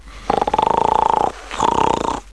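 Two fluttering, rattling breath sounds, a longer one of about a second followed by a shorter one, with a buzzy, fairly high-pitched tone. This is a person snoring across a breath in and out, from vibrating soft tissue in the upper airway.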